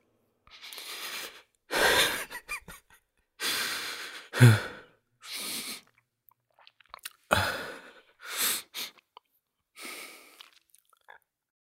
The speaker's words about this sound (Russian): Пол сопит, Шелл рыдает, Нейт, Донна. Все они плачут в том месте, где мы потеряли Мистраль. Я тоже не сдерживаюсь. Я плачу.